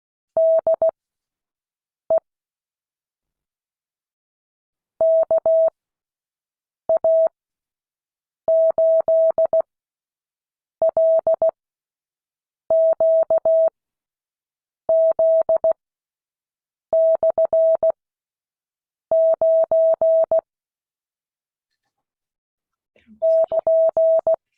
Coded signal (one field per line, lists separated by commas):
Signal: Morse code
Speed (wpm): 16 wpm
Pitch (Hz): 650 Hz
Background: none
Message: DE KA8LQZ/9 <KN>